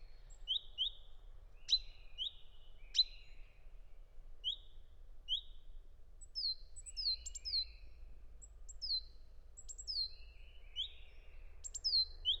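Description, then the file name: Great tit calls: series of paired chirped notes and sharp down-slurred 'pink' sounds, with a low background hum. "szencinege hangja"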